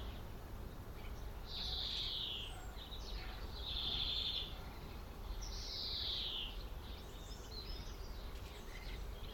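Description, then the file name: European greenfinch giving three drawn-out buzzy wheezes, each slightly falling, over steady background noise. "Chloris chloris"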